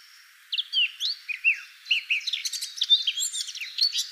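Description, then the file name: Eurasian blackcap song starting after a half-second hush, with a few clear downslurred whistles, then a busier stream of scratchy chirps and twitters to the end. "Sylvia atricapilla"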